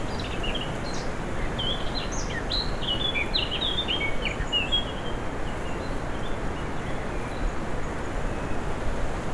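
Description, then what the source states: Birds twitter in a busy burst of high chirps and short warbles early on, then fall quieter under a continuous rushing wind. Forest birds with a breeze.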